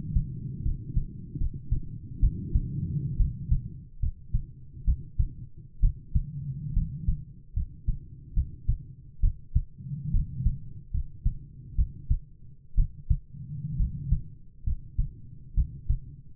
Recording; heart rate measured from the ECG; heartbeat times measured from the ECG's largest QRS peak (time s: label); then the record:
heart sounds by stethoscope; 68 bpm
0.62 s: heartbeat
1.38 s: heartbeat
2.20 s: heartbeat
3.17 s: heartbeat
4.00 s: heartbeat
4.85 s: heartbeat
5.80 s: heartbeat
6.73 s: heartbeat
7.53 s: heartbeat
8.34 s: heartbeat
9.20 s: heartbeat
10.11 s: heartbeat
10.91 s: heartbeat
11.75 s: heartbeat
12.75 s: heartbeat
13.76 s: heartbeat
14.63 s: heartbeat
15.54 s: heartbeat
From the record:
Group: healthy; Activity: rest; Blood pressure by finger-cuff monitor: 104/53 mmHg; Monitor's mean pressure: 64 mmHg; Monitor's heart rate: 69 bpm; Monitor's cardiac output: 8.3 L/min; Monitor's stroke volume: 120 mL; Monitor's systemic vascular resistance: 530 dyn s/cm5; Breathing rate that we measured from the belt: 18 breaths a minute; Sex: male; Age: 22 years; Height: 185 cm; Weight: 112.4 kg